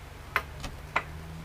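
A metal-backed EBC brake pad is pushed into its indent in a motorcycle brake caliper mount, giving two sharp metallic clicks at 0.4 s and 1.0 s with a softer tap between them over a low steady hum. The pad ends up seated in the indent.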